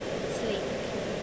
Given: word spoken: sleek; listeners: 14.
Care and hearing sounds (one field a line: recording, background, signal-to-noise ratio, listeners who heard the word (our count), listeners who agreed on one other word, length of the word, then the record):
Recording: one English word in noise, from a listening test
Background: speech-shaped noise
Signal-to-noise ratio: -6.7 dB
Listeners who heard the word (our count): 2 of 14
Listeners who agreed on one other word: 11 of 14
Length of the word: 0.83 s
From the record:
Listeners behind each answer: 11, 2, 1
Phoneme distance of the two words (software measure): 10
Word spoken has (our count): 1 syllable, 4 phonemes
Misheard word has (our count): 1 syllable, 4 phonemes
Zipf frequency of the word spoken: 3.29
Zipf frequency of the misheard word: 4.94